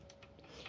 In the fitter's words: here the click you know your bobbin is in its place there we go